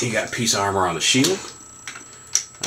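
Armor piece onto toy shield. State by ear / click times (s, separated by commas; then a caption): seated / 2.4 s. Someone talks while a plastic armor piece from the Super Pack add-on parts for the 1/60 Macross Frontier VF-25 is pressed onto the toy's shield. After a couple of lighter taps, one sharp click at 2.4 s marks the armor piece plugging into the shield and seating.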